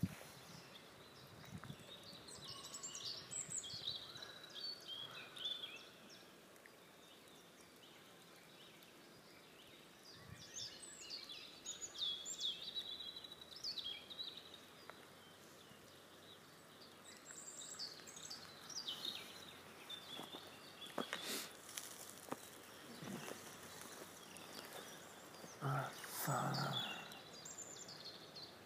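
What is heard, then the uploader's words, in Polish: Rural bird chirping: high, thin twittering calls arrive in short clusters every few seconds, busiest near the start, around ten to thirteen seconds and near the end. A steady low hiss sits underneath, with a few sharp clicks and a brief rustle late on. Piękny wiejski świergot. Będąc na wsi w ostatni weekend, tak zachwyciły mnie dźwięki przyrody. Widać, że wiosna budzi przyrodę do życia.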